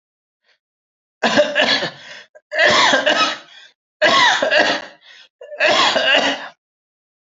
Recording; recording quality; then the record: heavy voluntary cough; excellent, no background noise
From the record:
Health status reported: healthy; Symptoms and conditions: diabetes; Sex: male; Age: 39 years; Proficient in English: yes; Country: India